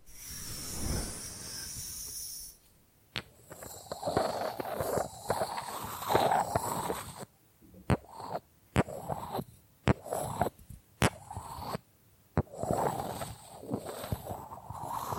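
Bamboo being scratched and brushed in uneven raspy bursts, broken by sharp taps around three, eight, ten, eleven and twelve seconds.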